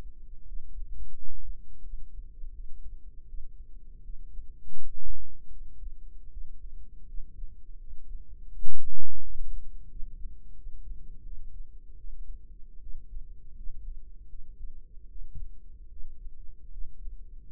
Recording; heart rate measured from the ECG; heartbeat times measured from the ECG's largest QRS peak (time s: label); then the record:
heart sounds by microphone in the right ear; 81 bpm
0.44 s: heartbeat
1.12 s: heartbeat
1.80 s: heartbeat
2.51 s: heartbeat
3.25 s: heartbeat
4.00 s: heartbeat
4.73 s: heartbeat
5.48 s: heartbeat
6.29 s: heartbeat
7.05 s: heartbeat
7.76 s: heartbeat
8.48 s: heartbeat
9.19 s: heartbeat
9.87 s: heartbeat
10.53 s: heartbeat
11.21 s: heartbeat
11.95 s: heartbeat
12.78 s: heartbeat
13.53 s: heartbeat
14.26 s: heartbeat
15.07 s: heartbeat
15.87 s: heartbeat
16.69 s: heartbeat
17.44 s: heartbeat
From the record:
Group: healthy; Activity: cold pressor test 0-16 s, rest 16-18 s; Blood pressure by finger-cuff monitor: 78/42 mmHg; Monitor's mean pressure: 56 mmHg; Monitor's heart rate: 81 bpm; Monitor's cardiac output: 8.4 L/min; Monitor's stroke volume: 102 mL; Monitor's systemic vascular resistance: 480 dyn s/cm5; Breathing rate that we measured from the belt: 19 breaths a minute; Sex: female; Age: 22 years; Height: 161 cm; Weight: 65.5 kg